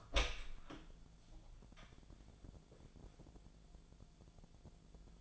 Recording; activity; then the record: daily activity, microphone in the room; open door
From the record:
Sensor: 5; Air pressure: 1000.5 hPa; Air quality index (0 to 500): 156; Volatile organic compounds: 2 ppm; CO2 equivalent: 1198 ppm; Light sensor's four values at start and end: 50/116/48/52 and 49/116/48/52